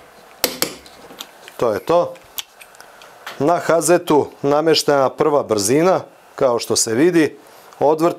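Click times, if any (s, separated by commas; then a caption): 0.4 s. A bolt is tightened with a 22-210 Nm click-type torque wrench set to 210 Nm, before testing whether a Hazet 9012M 1/2" 1100 Nm pneumatic impact gun can undo it. The wrench gives a sharp click at about 0.4 s as it reaches the set torque, followed by a few lighter ticks. Someone then talks for the rest of the clip.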